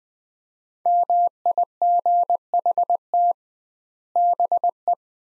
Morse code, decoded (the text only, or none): MIGHT BE